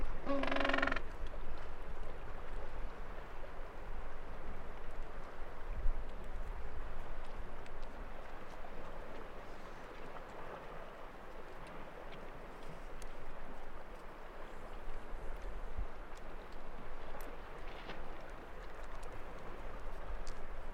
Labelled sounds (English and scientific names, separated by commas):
Gentoo Penguin (Pygoscelis papua) call